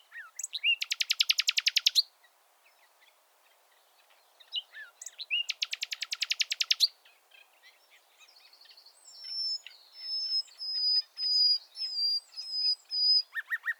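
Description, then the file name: Common nightingale song: loud rapid buzzy trills of repeated notes, a pause, another trill, then a series of pure drawn-out whistles rising in volume, ending in a low chattering phrase. "Luscinia megarhynchos"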